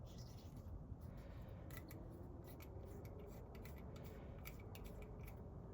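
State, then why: Not seated. The lens holder for an Epilog Fusion laser cutter head is handled and turned to orient it before it is fitted into the laser head. Soft rubbing and scraping sounds play over a steady low background hum, with brief light ticks at about 1.7, 1.9, 3.7, 4.5 and 4.8 seconds. Nothing has seated or clicked into place yet.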